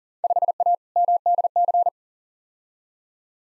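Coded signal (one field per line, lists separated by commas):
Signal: Morse code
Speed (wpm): 40 wpm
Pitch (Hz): 700 Hz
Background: none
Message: 5A MDC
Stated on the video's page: Computer-generated Morse at 40wpm sending Field Day contest exchanges for head-copy practice, each sent, spoken, then sent again.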